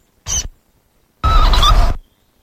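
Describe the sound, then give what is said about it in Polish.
A mole's call: two harsh, squeaky bursts, a short one followed by a longer, buzzy, rasping cry with high tonal squeaks, heard alone without talk. “Chodziło o kreta w sumie, kret.”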